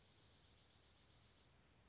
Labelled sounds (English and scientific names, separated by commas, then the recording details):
Dark-eyed Junco (Junco hyemalis)
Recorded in Sonoma County, California